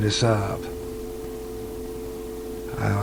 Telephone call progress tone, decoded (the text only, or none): dial tone